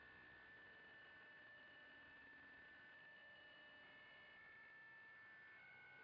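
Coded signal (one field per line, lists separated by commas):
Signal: PSK63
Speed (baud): 62.5 baud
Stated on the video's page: RSGB 3.5 MHz Club Championship data contest operating, streamed live.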